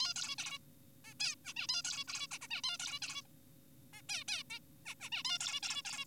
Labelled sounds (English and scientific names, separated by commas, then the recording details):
Zebra Finch (Taeniopygia guttata)
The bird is an adult
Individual g4p5U